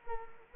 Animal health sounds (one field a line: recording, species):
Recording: mosquito wingbeat signal from an infrared sensor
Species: Culex quinquefasciatus